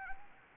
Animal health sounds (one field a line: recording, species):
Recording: mosquito wingbeat signal from an infrared sensor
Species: Anopheles gambiae